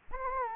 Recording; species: mosquito wingbeat signal from an infrared sensor; Anopheles gambiae